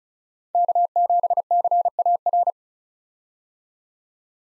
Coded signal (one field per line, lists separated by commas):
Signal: Morse code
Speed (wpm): 36 wpm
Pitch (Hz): 700 Hz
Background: none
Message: K7CAR